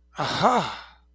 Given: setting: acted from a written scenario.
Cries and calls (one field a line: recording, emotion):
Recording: vocal sound without words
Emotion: realization